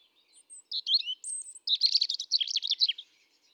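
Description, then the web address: European robin singing: thin high whistles and slides lead into a rapid, rattling run of bright high notes. Recorded 31 July 2017. "SETE data Erithacus rubecula"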